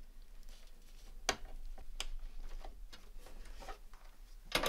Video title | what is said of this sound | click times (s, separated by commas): Je Monte un PC GAMER à 500€ en 2024 (Test en jeux et Tuto Montage) | Et c'est clipsé jusqu'au bout. | 1.3 s